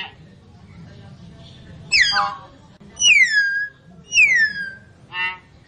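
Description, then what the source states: Lovebird calls: a burst of scratchy chatter followed by two clear shrill notes sweeping downward, then a short buzzy squeak, over a quiet low hum. Calls used as a lure to attract birds.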